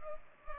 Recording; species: mosquito wingbeat signal from an infrared sensor; Culex pipiens